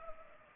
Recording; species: mosquito wingbeat signal from an infrared sensor; Culex pipiens